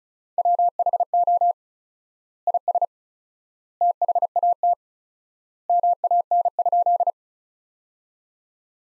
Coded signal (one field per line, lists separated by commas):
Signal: Morse code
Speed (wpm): 34 wpm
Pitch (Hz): 700 Hz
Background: none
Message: WHO IS THAT MAN?